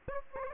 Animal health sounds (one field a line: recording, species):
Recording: mosquito wingbeat signal from an infrared sensor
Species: Aedes aegypti